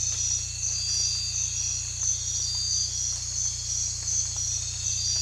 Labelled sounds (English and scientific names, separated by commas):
none